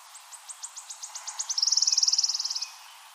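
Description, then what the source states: Wood warbler song with about ten crisp, high, accelerating ticks that merge into a loud, rapid, shivering trill, then silence. Recorded 23 April 2013.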